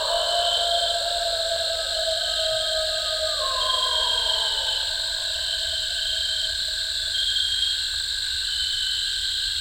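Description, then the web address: Eastern coyote howl: a long, held tonal howl slides downward and fades about midway, while a steady, high insect chorus continues throughout. "coyote song full. ecology of our eastern coyotes"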